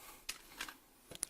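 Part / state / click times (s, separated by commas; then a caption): plastic part into body of transforming robot figure / not seated / none. A plastic part is pushed into the body of a Transformers Masterpiece Grimlock robot figure during an awkward step of its transformation into dino mode. Short plastic taps and knocks are heard at about 0.3, 0.6, 0.7, 1.1 and 1.2 seconds. The part does not lock in anywhere, and nothing has seated or clicked yet.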